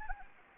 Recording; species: mosquito wingbeat signal from an infrared sensor; Anopheles arabiensis